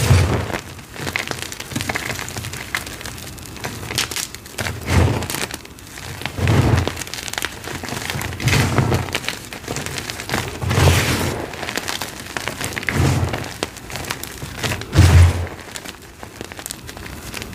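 Gym chalk shards crunch and crumble under a rolling pin, a steady run of gritty crackles that bunch into heavier pushes every second or two. Stronger crushes stand out around 5, 7, 11 and 15 seconds, each with a low thump under the crackling.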